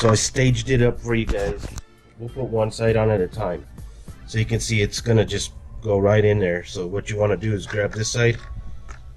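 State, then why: Not seated. On a 2018 Mustang GT with the 10-speed automatic, one end of the JLT 3.0 oil separator catch can hose is grabbed so its plastic quick-connect fitting can be pushed down onto its port on the catch can. Someone talks over background music throughout. Nothing has seated or clicked yet when the clip ends.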